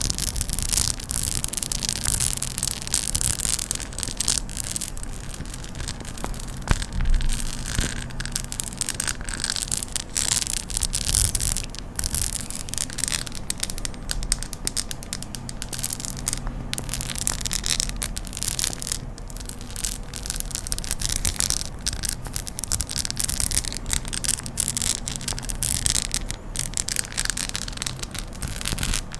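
Continuous scratching and rubbing on a fluffy mic, up close, with dense crackly bristle sounds that never let up for the whole stretch. Quick brushing strokes and occasional sharper taps come in irregular bursts over a soft low rumble.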